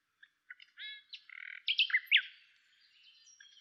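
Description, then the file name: Common nightingale song, a quick string of varied chirps, a short buzzy stretch and sharp, bright notes, with brief quiet gaps between phrases. "Luscinia megarhynchos"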